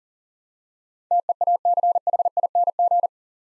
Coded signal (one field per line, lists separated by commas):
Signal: Morse code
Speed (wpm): 42 wpm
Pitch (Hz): 700 Hz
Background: none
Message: TEACHING